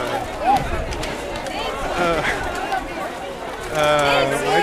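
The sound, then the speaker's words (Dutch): A dense, steady babble of many overlapping voices fills a busy outdoor market at Anton de Komplein, with occasional louder calls and tonal voices rising above the continuous crowd murmur. “En nou, het is echt zo'n enorme drukte.”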